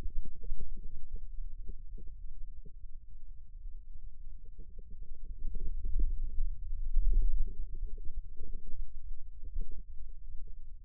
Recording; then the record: forearm muscle sounds (acoustic myography)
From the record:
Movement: wrist extension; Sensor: system 2, bracelet of six BSWA MPA416 microphones around the upper forearm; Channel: 6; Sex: male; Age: 22 years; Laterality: right